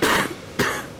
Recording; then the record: coughing mixed with background sound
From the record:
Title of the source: 31 night wet cough